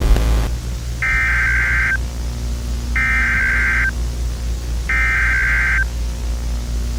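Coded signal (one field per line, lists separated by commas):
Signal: Emergency Alert System (SAME) tones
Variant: header bursts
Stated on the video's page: Fictional fanmade EAS scenario.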